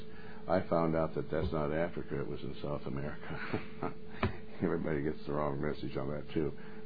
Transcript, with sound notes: I found out that that's not Africa. It was in South America. (laughs) Everybody gets the wrong message on that too.